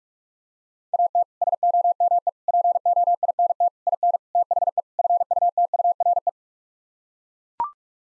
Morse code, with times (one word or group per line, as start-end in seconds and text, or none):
0.9-1.2 AT
1.4-2.3 SOME
2.5-3.7 POINT
3.9-4.2 IN
4.3-4.8 THE
5.0-6.3 FUTURE